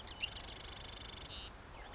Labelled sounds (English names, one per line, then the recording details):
Marsh Wren
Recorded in Sonoma County, California